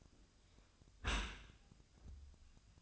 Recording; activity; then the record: daily activity, microphone in the room; close dishwasher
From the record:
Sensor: 2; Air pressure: 1004.6 hPa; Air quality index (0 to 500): 116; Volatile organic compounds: 3 ppm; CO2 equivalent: 1407 ppm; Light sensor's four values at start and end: 6/15/6/6 and 6/15/6/6